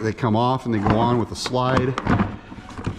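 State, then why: Not seated. Someone talks while a modular plastic tool box is handled for sliding onto a very solid, thick steel rack mounting plate from AJK Off-Road on the side of a 2024 Maverick X3 Turbo RR side-by-side. No distinct impacts stand out over the voice. The box has not yet popped into its latch, so nothing has seated or clicked.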